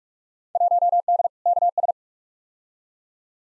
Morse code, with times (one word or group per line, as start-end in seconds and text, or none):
0.6-1.3 1D
1.5-1.9 KS